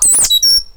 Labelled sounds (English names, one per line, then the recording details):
Stitchbird song
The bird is a male
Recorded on Tiritiri Matangi Island, New Zealand, in 2005
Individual 8, of nest box 10